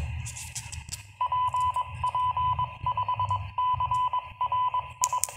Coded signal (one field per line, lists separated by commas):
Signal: Morse code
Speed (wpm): 22 wpm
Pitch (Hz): 1000 Hz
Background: none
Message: PP5CRI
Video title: Baojie Bj-218 DUAL BAND Vhf 136-174 MHZ UHF 400-470 MHZ Mini Radio (Transceptor) Base/móvel